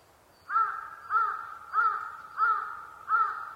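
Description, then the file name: Large-billed crow calling five hoarse caws in a steady rhythm, roughly one every two-thirds of a second, after a brief quiet start. Recorded 23 October 2010 at 05:42. "hasibutogarasu-20101023-0542"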